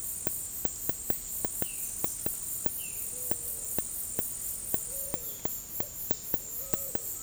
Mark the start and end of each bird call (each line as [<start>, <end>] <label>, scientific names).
[1.55, 3.07] Cyanocorax violaceus
[3.08, 7.23] Patagioenas cayennensis
[6.55, 7.23] Crypturellus undulatus